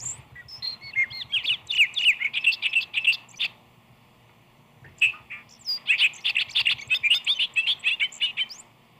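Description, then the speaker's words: Bobolink song: two bursts of rapid, bubbly, tumbling high notes separated by a pause. Sung in flight while coursing over a meadow, wings aflutter. "Then for energy, there is the bobolink, coursing over the meadow, wings aflutter and soul vibrating in its song."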